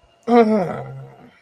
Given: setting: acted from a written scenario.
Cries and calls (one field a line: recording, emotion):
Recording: vocal sound without words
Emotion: anger